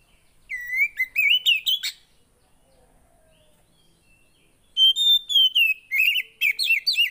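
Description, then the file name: Oriental magpie-robin song: two phrases of rising and falling whistles broken by sharp harsh notes, with a quiet gap of about three seconds between them. Kacer song that makes a caged kacer agitated. "Burung kacer anda langsung emosi dengar ini"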